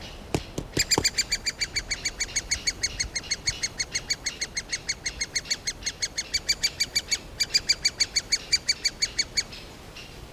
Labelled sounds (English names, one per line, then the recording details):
Great Spotted Woodpecker call
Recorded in the wild
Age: diverse
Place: Mühlenbecker Wald, Brandenburg, DE
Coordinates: 52.6833, 13.4
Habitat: forest
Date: 1988-06-04 11:44
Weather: bedeckt, 18-20°C, Wind
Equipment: Nagra SN, Kopie Tesla B 116
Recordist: Tembrock, Günter